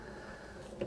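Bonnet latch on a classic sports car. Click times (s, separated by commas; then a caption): 0.8 s. A lever at the front of the bonnet on a 1955 Mercedes 300 SL Gullwing is worked, and a soft, quiet click comes at 0.8 s over a steady low background. The bonnet catch clicks into place.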